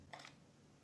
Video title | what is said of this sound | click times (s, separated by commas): How To Fix Laptop BEEP Sound on Startup (No Display Only Beep Sound in Laptop) | Push it in fully and then push it down a little bit until it clicks. Now it's back in. | 0.1 s, 0.2 s